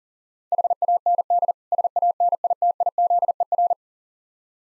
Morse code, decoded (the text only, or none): HAND SANITIZER